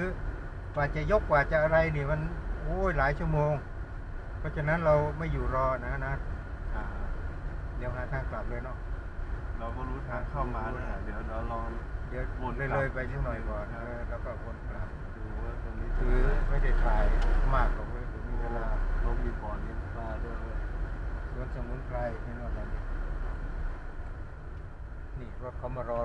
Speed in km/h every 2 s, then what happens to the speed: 17, 18, 16, 16, 16, 17, 18, 17, 17, 18, 18, 16, 15.
0-26 steady at about 17.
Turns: none.